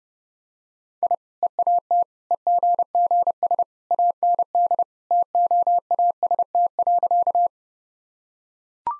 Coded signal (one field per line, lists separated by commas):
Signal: Morse code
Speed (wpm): 32 wpm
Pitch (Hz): 700 Hz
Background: none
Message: I EAT EGGS AND TOAST.